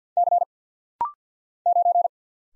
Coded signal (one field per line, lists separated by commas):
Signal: Morse code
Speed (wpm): 48 wpm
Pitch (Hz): 700 Hz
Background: none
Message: C 9